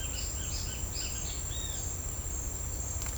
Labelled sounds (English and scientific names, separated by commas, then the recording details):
Great Kiskadee (Pitangus sulphuratus)
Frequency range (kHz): Great Kiskadee (Pitangus sulphuratus) 1.6-5.6 kHz
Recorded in secondary vegetation near Puerto Asís, Putumayo, Colombia, on 21 December 2024 at 09:00
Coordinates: 0.499, -76.323
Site G010